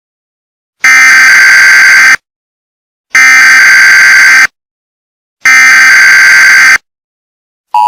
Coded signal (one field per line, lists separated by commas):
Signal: Emergency Alert System (SAME) tones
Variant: header bursts